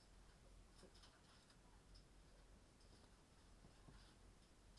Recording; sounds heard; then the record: poultry house recording; no chicken sound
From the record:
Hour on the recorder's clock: 19